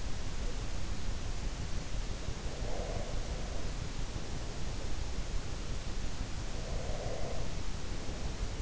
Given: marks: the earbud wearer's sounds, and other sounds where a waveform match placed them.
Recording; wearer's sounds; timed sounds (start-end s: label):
sounds in sleep by an in-ear microphone; breath
2.19-4.39 s: breath
6.57-8.62 s: breath